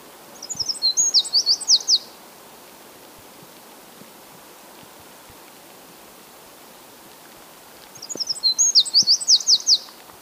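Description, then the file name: Eurasian wren producing two short bursts of rapid high-pitched slurred notes, several seconds apart, with steady faint hiss between them. "Troglodytes troglodytes"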